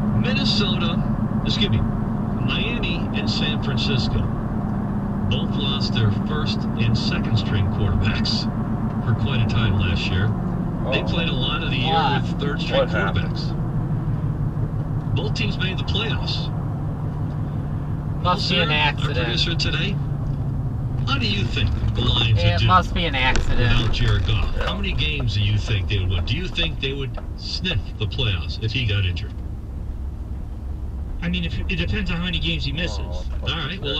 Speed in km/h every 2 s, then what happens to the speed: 69, 68, 66, 68, 68, 60, 55, 50, 52, 48, 39, 27, 26, 27, 27, 26, 21.
0-8 steady at about 68. 8-22 slows to 27. 22-29 steady at about 27. 29-34 slows to 21.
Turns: 19-24.